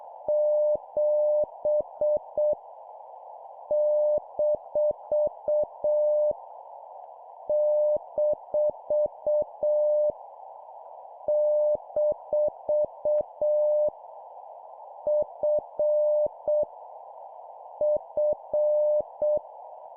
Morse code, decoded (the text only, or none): 7 - - - F F